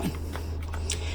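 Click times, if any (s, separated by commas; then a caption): 0.9 s. The lid of a Sunglife automatic vacuum sealer is closed down over a bag and pressed until its latch locks. A few soft knocks come first, at about 0.4, 0.6 and 0.7 seconds, over a steady low hum. The latch then locks with a sharp click at 0.9 seconds.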